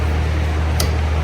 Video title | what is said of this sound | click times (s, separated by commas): (2014-2024) Nissan Murano Wiper Blade Replacement | Okay, you heard it click in place. | 0.8 s